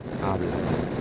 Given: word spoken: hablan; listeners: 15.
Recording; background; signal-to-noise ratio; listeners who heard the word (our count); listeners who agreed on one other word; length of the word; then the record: one Spanish word in noise, from a listening test; noise modulated by three-talker babble; -3.7 dB; 0 of 15; 14 of 15; 0.61 s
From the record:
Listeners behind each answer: 14, 1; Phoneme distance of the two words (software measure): 7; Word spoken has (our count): 2 syllables, 5 phonemes, stress on syllable 1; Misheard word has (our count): 2 syllables, 4 phonemes, stress on syllable 1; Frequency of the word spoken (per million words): 30.15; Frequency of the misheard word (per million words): 108.79